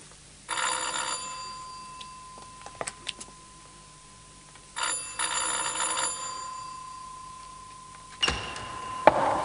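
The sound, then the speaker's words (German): A doorbell rings three times in bright, buzzing electric bursts, each lasting one to two seconds with short pauses between, loud and shrill with no voices over it. “Lass uns klingeln.”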